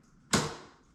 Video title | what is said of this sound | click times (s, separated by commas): Harbinger MLS900: Installation and use. | That click, right? | 0.3 s